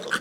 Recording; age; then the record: pig call; piglet (1 to 25 days)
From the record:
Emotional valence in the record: positive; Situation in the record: before nursing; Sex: male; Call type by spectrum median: low-frequency call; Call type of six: low-frequency tonal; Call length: 0.21 s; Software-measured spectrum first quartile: 1235 Hz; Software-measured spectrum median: 1644 Hz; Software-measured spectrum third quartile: 3702 Hz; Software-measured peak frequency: 1483 Hz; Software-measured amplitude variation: 202 dB a second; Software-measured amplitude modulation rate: 16.7 a second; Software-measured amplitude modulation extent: 12.1 dB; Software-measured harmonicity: 4.2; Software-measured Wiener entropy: -1.91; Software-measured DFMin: 1225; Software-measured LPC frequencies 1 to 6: 504, 1462, 3013, 3324, 4029, 4584 Hz